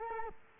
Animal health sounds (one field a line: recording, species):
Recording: mosquito wingbeat signal from an infrared sensor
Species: Culex quinquefasciatus